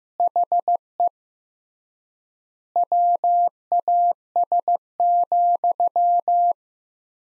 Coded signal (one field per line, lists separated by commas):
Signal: Morse code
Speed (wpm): 15 wpm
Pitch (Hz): 700 Hz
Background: none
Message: HE WAS,